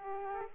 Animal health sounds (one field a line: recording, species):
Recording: mosquito wingbeat signal from an infrared sensor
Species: Culex quinquefasciatus